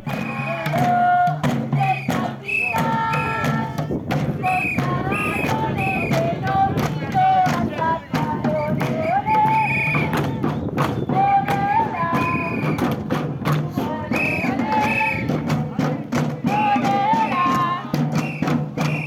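A crowd chants loudly and continuously at a demonstration at the entrance of the company Salus on Saturday 8 July, many voices shouting in unison over steady, rhythmic drum thumps that keep time throughout.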